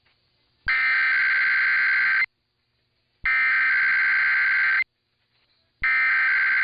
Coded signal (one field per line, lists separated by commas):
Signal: Emergency Alert System (SAME) tones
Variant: header bursts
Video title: [EAS #2312-2313] KDKA RWT & Virginia RMT